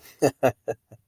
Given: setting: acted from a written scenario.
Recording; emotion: vocal sound without words; amusement